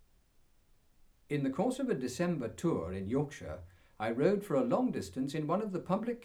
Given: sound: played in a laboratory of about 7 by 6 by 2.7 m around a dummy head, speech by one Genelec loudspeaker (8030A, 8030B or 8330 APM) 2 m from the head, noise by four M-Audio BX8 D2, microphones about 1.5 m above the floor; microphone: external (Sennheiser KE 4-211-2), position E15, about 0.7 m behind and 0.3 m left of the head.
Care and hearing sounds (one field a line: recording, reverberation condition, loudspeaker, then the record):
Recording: male speech in English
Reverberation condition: low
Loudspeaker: 150 degrees to the right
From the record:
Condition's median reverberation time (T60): about 310 ms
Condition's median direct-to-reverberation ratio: about 3.5 dB